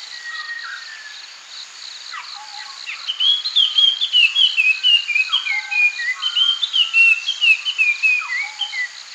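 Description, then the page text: Puff-throated babbler song: a run of clear whistled notes, mostly falling, given in quick succession over a steady high background buzz. "Puff-Throated Babbler Song. Quick Sounds library"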